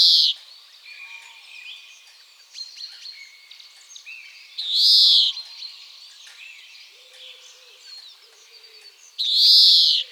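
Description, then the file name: European greenfinch repeating a drawn-out buzzy wheeze three times, roughly every four to five seconds, with faint chirps and twitters between the calls. "Chloris chloris"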